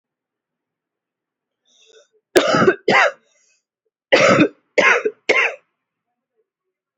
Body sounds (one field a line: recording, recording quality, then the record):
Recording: heavy voluntary cough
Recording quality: excellent, no background noise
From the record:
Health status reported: healthy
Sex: female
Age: 32 years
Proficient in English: yes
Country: India